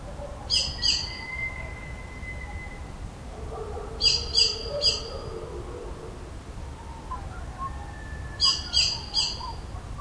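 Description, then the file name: Common blackbird calls: three bursts of two or three hard, high chinking notes about four seconds apart, with a long thin whistle and soft chirps from other birds. "Turdus merula"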